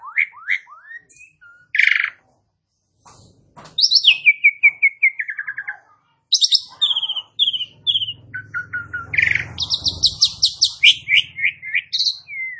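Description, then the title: Asian pied starling singing a varied medley of rising whistles, descending chattered note series and buzzy rattles, with a brief pause and some low rumble in the background. "Bunyi Jalak Suren"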